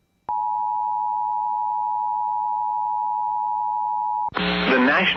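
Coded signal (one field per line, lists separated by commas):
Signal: Emergency Alert System (SAME) tones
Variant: 853 and 960 Hz attention tone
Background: speech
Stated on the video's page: Alerts mostly captured from an IP-based EAS relay station.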